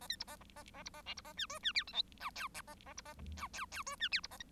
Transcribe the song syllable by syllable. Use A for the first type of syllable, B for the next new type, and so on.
A B C A A A A C A D C A E F E G H I J K A A C A A J K K F E G C A B